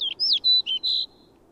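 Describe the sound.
Snow Bunting calling with a quick run of five sharp, high whistled notes, some sliding down and others held steady, over about one second.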